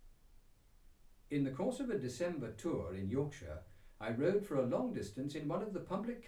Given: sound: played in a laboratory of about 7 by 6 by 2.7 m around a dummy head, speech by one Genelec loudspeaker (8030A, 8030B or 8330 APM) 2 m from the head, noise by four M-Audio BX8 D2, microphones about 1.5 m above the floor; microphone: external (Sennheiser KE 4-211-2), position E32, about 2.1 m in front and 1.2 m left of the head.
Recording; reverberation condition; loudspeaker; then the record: male speech in English; low; 120 degrees to the left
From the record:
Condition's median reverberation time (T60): about 310 ms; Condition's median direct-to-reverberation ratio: about 3.5 dB